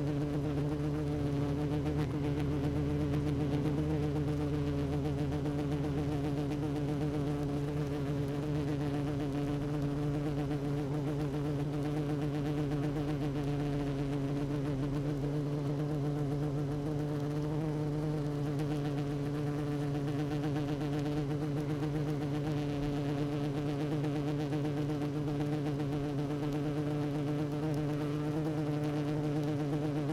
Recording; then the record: honeybee colony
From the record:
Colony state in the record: active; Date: 12 June 2018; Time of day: 16:25